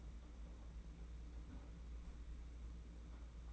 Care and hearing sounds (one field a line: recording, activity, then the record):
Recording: daily activity, microphone in the room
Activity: close fridge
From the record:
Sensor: 1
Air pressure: 991.9 hPa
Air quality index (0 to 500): 205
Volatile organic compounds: 1000 ppm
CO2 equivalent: 7939 ppm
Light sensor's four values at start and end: 29/102/39/40 and 29/102/39/40